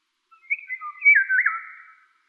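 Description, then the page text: Eurasian golden oriole song: a single liquid, fluting whistled phrase that swoops down and up. "Krzysiek Deoniziak - Обыкновенная иволга (Oriolus oriolus)"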